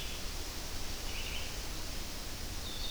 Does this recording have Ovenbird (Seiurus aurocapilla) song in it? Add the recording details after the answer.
no. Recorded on 25 June 2016 at 06:19. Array SBT-6-76